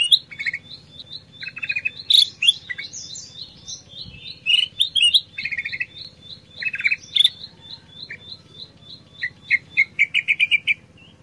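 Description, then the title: Black-crested bulbul song: short bright warbled phrases and liquid notes, coming in bursts over a steady rapid high ticking series, with a faint low hum throughout. Combination song used as masteran to train songbirds. "Masteran Kutilang Emas Suara Kombinasi"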